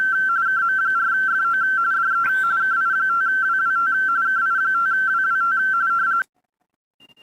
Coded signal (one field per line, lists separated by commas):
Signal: RTTY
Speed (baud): 45.45 baud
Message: KM4FO DE KI5WWT KI5WWT